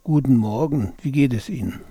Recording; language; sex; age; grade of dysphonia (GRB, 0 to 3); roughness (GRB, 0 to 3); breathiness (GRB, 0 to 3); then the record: spoken sentence; German; male; 60 to 69 years; 2; 2; 1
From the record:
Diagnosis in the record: contact pachydermia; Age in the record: 60 years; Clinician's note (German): Kontaktpachydermie ohne "Kontaktpachydermie"